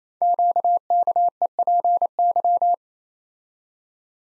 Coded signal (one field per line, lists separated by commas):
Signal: Morse code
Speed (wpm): 29 wpm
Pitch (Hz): 700 Hz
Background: none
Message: QKEPY